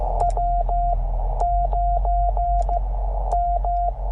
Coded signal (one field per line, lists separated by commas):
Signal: Morse code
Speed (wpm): 16 wpm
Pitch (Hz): 690 Hz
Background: radio noise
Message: W9M